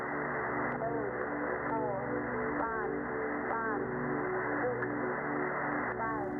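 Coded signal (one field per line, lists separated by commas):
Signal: numbers station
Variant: computer voice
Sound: short evenly spaced spoken words, roughly one per second, over steady shortwave hiss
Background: radio static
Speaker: then the actual message starts 4 2 9 9 7 2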